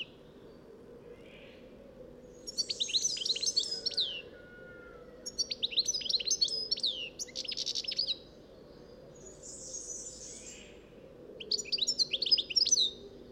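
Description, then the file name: European goldfinch giving bursts of bright, liquid twittering phrases, each lasting about one to three seconds with short pauses between, over a constant low background hum. "Carduelis carduelis"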